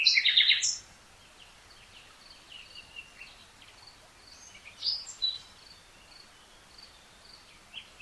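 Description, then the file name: Common nightingale song: one loud, harsh phrase at the start, then soft scattered whistled notes and another brief phrase midway, over steady background hiss. "Luscinia megarhynchos"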